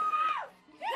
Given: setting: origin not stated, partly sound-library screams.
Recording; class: one-second piece from a danger detection set; woman in danger